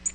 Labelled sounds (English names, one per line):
Tennessee Warbler flight call